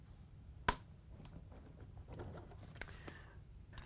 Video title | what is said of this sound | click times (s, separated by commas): How To: Whirlpool/KitchenAid/Maytag Drain Pump WPW10348269 | turn it all the way so it locks into the pump body | 0.7 s